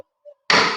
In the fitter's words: bahwa saat Anda menutupnya, Anda mendengar suara "klik". Artinya, sudah terkunci, teman-teman.